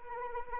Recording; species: mosquito wingbeat signal from an infrared sensor; Anopheles arabiensis